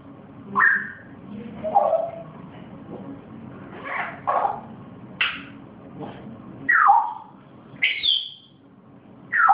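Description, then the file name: Grey parrot giving a string of short whistled and squawky notes, several sliding downward, spaced a second or two apart over a low steady hum. Pet grey parrot named Zoro; its first sounds. "moy zoro zhako popugay"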